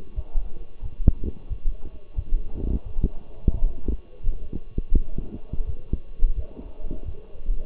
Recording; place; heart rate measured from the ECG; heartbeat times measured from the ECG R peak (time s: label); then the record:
heart sounds by stethoscope; between the tricuspid and mitral areas; 87 bpm
0.15 s: heartbeat
0.82 s: heartbeat
1.49 s: heartbeat
2.15 s: heartbeat
2.84 s: heartbeat
3.53 s: heartbeat
4.22 s: heartbeat
4.93 s: heartbeat
5.65 s: heartbeat
6.35 s: heartbeat
7.04 s: heartbeat
From the record:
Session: walking at 3.7 km/h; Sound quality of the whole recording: partially saturated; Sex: male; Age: 24 years